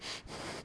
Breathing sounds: one breath in and out by a microphone near the nose and mouth; strong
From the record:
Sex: male

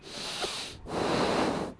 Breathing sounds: one breath in and out by a microphone near the nose and mouth; deep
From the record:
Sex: male

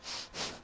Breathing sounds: one breath in and out by a microphone near the nose and mouth; strong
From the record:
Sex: male

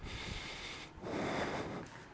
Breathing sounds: one breath in and out by a microphone near the nose and mouth; normal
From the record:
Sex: male

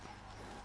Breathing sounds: one breath in and out by a microphone near the nose and mouth; strong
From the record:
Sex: male

